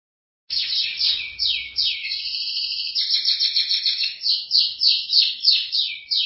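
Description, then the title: Canary song starting after a brief silence, then continuous fast trills and chattering high notes, phrases repeating rhythmically about three times a second toward the end. "Kenari"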